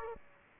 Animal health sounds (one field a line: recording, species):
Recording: mosquito wingbeat signal from an infrared sensor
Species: Aedes aegypti